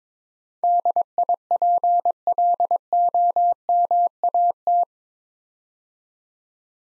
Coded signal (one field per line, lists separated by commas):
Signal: Morse code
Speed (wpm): 22 wpm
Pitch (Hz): 700 Hz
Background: none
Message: DIPLOMAT